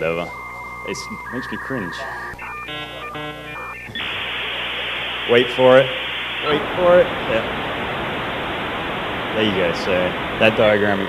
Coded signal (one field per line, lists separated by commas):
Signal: dial-up modem handshake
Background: speech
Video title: Testing Phone Systems - "I can come up with something better later" - Owen